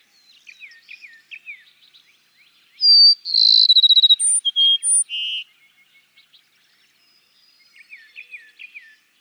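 Cassin's sparrow sings one song, a sharp high note and quick fluttering trill ending in level whistles and a low buzz, with faint twittering of other birds before and after.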